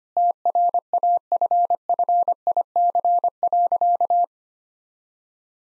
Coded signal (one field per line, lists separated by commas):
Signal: Morse code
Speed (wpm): 25 wpm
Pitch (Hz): 700 Hz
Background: none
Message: TRAFFIC.